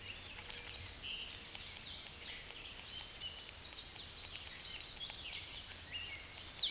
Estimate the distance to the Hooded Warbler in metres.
about 60 m